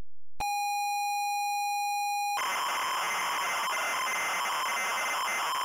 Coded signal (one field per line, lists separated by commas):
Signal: ZX Spectrum tape loading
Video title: Hudson Hawk (ZX Spectrum)